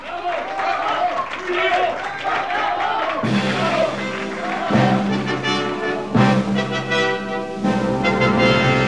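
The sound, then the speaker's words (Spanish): A few seconds of dense crowd applause and cheering, then loud sustained musical chords that strike anew every second or two until the end. “¡Aplausos!”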